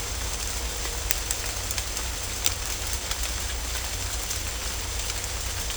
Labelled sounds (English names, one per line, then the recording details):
none
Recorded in dense forest near Puerto Asís, Putumayo, Colombia, on 16 December 2024 at 17:00
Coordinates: 0.503, -76.323
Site G043